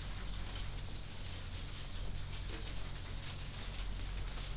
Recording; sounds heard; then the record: poultry house recording; no chicken sound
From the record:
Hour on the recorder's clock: 20